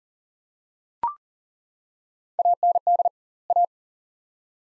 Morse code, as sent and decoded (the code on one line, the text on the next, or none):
.- -. -.. / .-
AND A